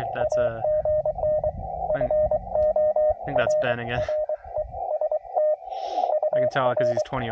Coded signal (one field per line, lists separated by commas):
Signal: Morse code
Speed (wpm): 24 wpm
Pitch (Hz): 610 Hz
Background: speech, radio noise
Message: AGN FORREST UR